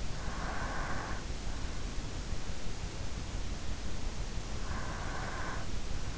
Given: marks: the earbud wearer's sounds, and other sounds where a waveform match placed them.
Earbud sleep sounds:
sounds in sleep by an in-ear microphone; breath
0.02-1.56 s: breath
4.28-6.17 s: breath

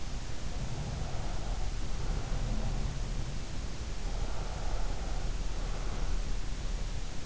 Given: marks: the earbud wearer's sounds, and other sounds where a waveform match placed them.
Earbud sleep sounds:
sounds in sleep by an in-ear microphone; breath
0.10-3.19 s: breath
0.35-3.19 s: sound from someone else or the room
4.10-6.39 s: breath

